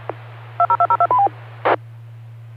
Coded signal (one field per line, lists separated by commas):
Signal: DTMF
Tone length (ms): 70 ms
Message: 20202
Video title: Friday Night Fun Net | Amateur Radio Worldwide Live Stream Radio | KD9MED